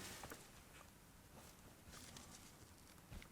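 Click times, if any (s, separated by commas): 3.2 s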